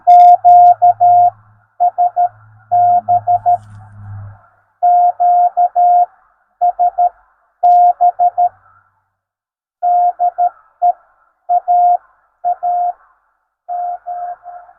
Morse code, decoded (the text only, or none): QSB QSB DE AAM